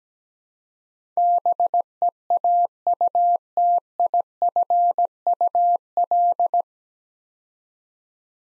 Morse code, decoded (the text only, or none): BEAUTIFUL